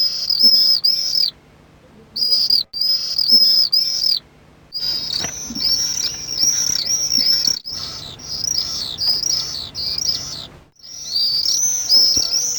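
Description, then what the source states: Common swift screaming calls in short shrill bursts separated by silent gaps, then longer runs of high screeches. Contact calls.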